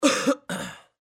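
Two short, harsh coughs in quick succession from an adult.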